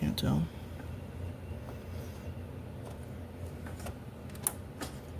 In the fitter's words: Alright, that sounded secure. I don't know if y'all heard the snap,